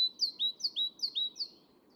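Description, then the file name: Great tit giving four quick two-note units, a high note dropping into a lower one, repeated evenly in under two seconds. "Parus major"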